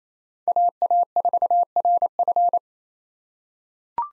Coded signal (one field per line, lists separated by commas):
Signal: Morse code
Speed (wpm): 28 wpm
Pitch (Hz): 700 Hz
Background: none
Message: AA4RF